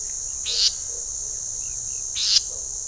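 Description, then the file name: Leaden flycatcher calls: two harsh, grating notes over a steady high insect drone. "Myiagra Rubecula"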